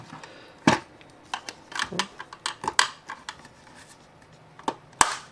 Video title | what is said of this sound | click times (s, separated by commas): LEGO City 2026 Airport With Airplane 60502 Build Part 2 | AND THEN THIS GOES SNAPS RIGHT IN THERE. | 2.8 s, 5.0 s